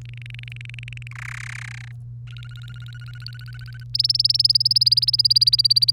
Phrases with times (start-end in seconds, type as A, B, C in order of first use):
0.01-1.13 A, 1.15-1.92 B, 2.27-3.84 C, 3.94-5.91 D